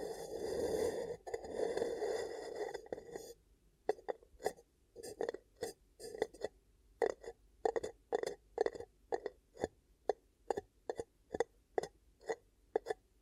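Ear cupping sounds: for the first three seconds a dense, muffled rustling swells and fades. Then come short, sharp cupping pops and taps, roughly two per second, each a quick burst with brief gaps of near silence and a faint low hum between them.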